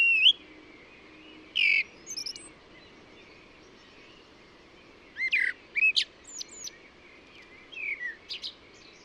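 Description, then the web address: Bird producing scattered sharp chirps and short whistled notes in small clusters, with soft ambient noise underneath. "cianscape birddata Deverinetal 2025 Bird Only Tu Me Tu Me"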